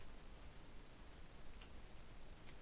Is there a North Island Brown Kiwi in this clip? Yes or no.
no